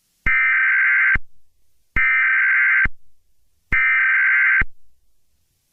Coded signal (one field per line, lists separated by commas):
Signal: Emergency Alert System (SAME) tones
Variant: header bursts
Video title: EAS Scenario | Shrek Chapter II (#97)